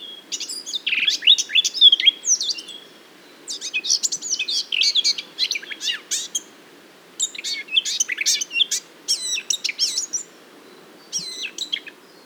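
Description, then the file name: Eurasian blackcap song, loud and rapid, with chattering warbled phrases of high, sharply varying notes coming in four bursts separated by brief gaps. "Sylvia atricapilla"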